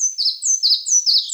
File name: Ficedula parva